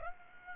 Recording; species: mosquito wingbeat signal from an infrared sensor; Aedes aegypti